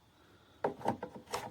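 A CHIGEE AIO-5 Play smart display unit with a 3-pin interface is handled and pushed toward the unlocked navigation cradle of a BMW motorcycle. After a quiet start, there are several short knocks and rubbing sounds around 0.6 to 1.4 seconds. Nothing has seated or clicked into place yet.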